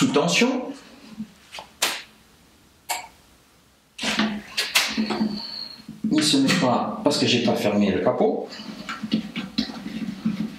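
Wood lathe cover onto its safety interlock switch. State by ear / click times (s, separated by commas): seated / 9.6 s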